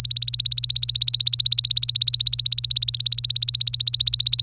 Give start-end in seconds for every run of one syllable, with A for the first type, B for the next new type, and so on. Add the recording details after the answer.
0.00-4.43 A. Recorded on 25 April 2018 at 11:59. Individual llb3